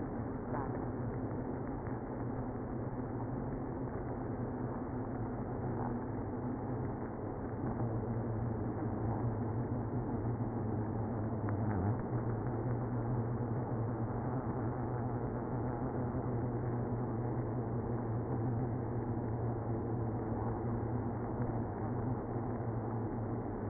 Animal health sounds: honeybee colony, microphone inside the hive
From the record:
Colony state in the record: queenless (queen removed); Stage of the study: after two queens were removed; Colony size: about 60,000 bees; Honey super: yes

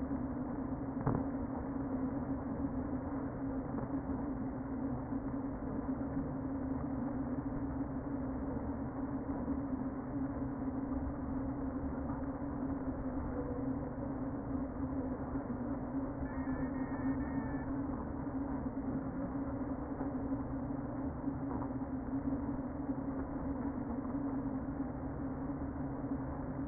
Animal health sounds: honeybee colony, microphone inside the hive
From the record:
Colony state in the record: queen present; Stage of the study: before two queens were removed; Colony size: about 60,000 bees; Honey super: yes

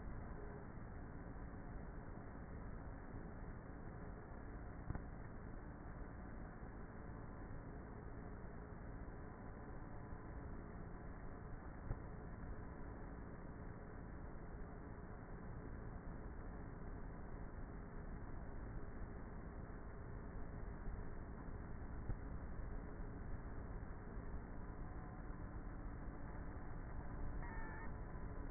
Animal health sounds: honeybee colony, microphone inside the hive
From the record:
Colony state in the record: queenless with a low population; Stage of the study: before two queens were removed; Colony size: about 30,000 bees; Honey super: no

